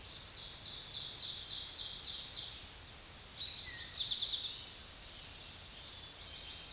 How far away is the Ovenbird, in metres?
about 15 m